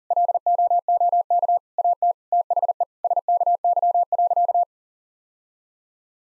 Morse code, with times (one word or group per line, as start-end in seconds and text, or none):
0.1-1.6 LOOK
1.8-2.1 AT
2.3-2.8 THE
3.0-4.6 SKY.